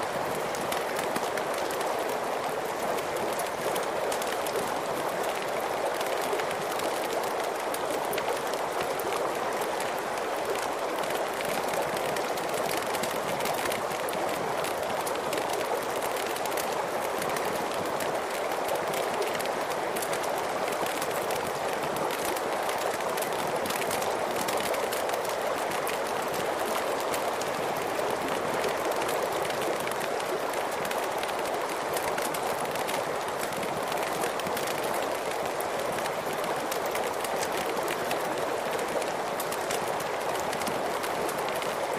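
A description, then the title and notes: Water rushes in a steady, dense wash of white noise that holds an even level for the whole stretch, strongest through the middle and upper range. Faint, quick crackles flicker throughout, lightly textured over the constant hiss, with no pauses or changes. Let's Go Camping! Sleep to Water Sounds White Noise + Crackling Campfire.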